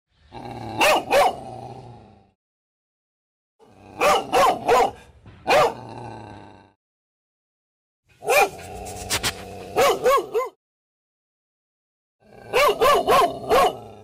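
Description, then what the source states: Dog barking in four bursts of several loud, harsh barks each, separated by short silences. Dog barking described as terrifying.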